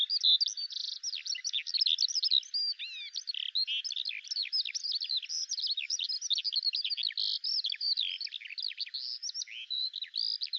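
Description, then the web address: Bird song pouring out nonstop, a dense tumble of high twittering notes, buzzes and short trills over about ten seconds. "Deverinetal 2025 File cleaned normalized Bird Al Ar"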